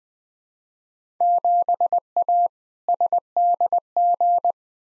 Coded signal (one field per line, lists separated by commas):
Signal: Morse code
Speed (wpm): 20 wpm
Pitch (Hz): 700 Hz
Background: none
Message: 7A SDG